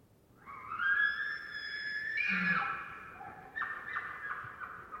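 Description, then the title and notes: Elk screaming: a high, whistled squeal rises and holds for about two seconds, then a second, harsher squeal breaks into rapid pulsing notes. Multiple herds screaming around a campsite in the early morning hours, Pacific Northwest, Washington, United States. "Wild Elk Screams. Elk Screams, multiple herds surround campsite in early morning hours, Recorded in the Beautiful Pacific Northwest in Washington, Untied States"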